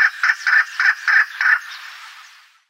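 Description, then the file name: Chukar partridge giving six hoarse, rhythmic chuk notes about three per second, then a fading trailing tail. "Alectoris chukar"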